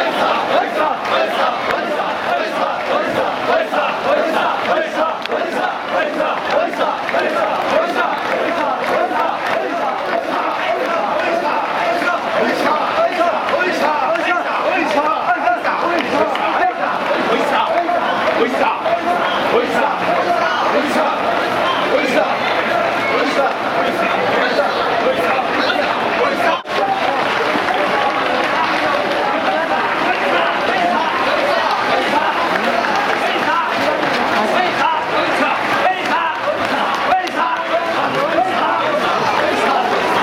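Oiyamakasa on Higashimachi-suji: a dense, unbroken crowd of voices shouting and calling for the full forty seconds, with men's cries rising over the roar. The level stays steady throughout, with only a brief sharp break around twenty-six seconds.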